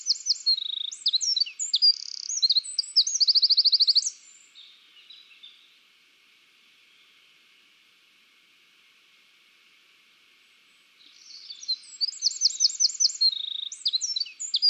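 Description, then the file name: Eurasian wren singing a fast, high tumble of sharp notes and a ringing trill, then a long silent pause before another rapid song starts near the end. "Troglodytes troglodytes"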